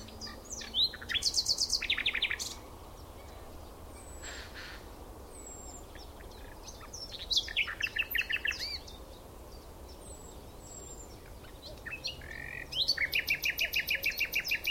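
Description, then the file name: Common nightingale singing in phrases: loud rapid repeated notes forming trills, long pauses, then more fast rattling series, with constant low noise underneath. "Luscinia megarhynchos"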